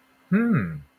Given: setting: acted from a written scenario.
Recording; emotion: vocal sound without words; interest